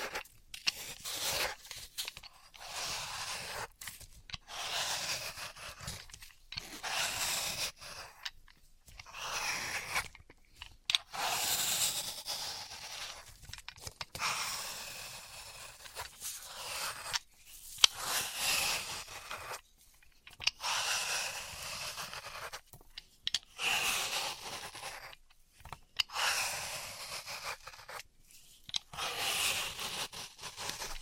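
Floral foam is being worked with repeated crunchy, scraping bursts, each lasting a second or two and separated by short silences. The sounds are crisp and hissy, mostly high and bright, with occasional sharper clicks, recurring steadily across the whole stretch.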